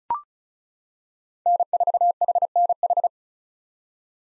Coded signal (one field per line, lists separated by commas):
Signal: Morse code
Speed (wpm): 34 wpm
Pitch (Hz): 700 Hz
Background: none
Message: N4HNH